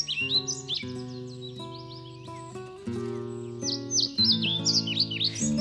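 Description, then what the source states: European Pied Flycatcher song: thin, high, sliding notes in rapid clusters, most dense near the end, heard over sustained background music. Birdsong.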